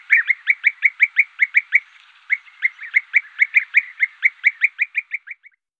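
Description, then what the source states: European bee-eater calls: a quick series of rolling, burry notes, a brief pause, then the run resumes and fades at the end. Recorded at a wetland in Sissonne, France.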